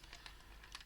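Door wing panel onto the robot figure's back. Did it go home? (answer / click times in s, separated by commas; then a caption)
yes / 0.8 s. A plastic door wing panel of a transforming car-robot toy is swung onto the robot figure's back and clicked into place. Several light, quick plastic ticks come and go over about a second, with the sharpest, brightest click at 0.8 s as the wing seats. The door wing is confirmed seated.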